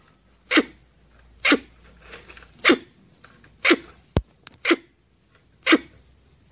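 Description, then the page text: Red squirrel giving harsh, noisy chuff calls roughly once per second, each a brief burst, with a sharp tick between calls. "Tiếng Sóc Đỏ kêu"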